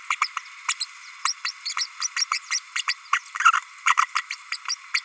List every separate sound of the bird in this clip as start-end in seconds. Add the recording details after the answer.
0.10-0.15, 0.21-0.28, 0.68-0.74, 0.80-0.87, 1.25-1.33, 1.44-1.52, 1.65-1.74, 1.78-1.87, 2.01-2.08, 2.16-2.25, 2.31-2.39, 2.50-2.60, 2.75-2.82, 2.87-2.94, 3.13-3.19, 3.39-3.51, 3.85-3.94, 3.97-4.06, 4.15-4.22, 4.30-4.36, 4.51-4.57, 4.68-4.75, 4.94-5.02. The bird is a female. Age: 32 days. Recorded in a nest box in Venezuela. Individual 17B32A5